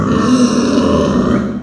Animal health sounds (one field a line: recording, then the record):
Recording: squeal of a Yucatan mini pig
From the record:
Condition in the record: after surgery on the right vocal fold (resection and tissue-engineered implant)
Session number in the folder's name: 9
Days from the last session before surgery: 65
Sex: female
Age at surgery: 19 weeks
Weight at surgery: 25 kg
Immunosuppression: prednisolone